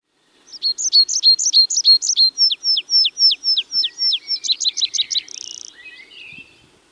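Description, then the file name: Tree pipit song: a fast series of high chirps, then a run of sliding descending notes, quickening into a trill and ending in a brief buzzy rattle. "Tree Pipit (Anthus trivialis)"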